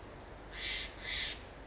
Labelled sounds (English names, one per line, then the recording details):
Steller's Jay
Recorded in Sonoma County, California